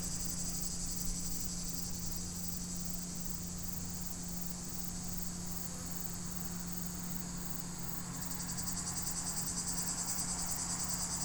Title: 5160 Rte d'Aix, 73310 Chindrieux, France - cigale en bord de route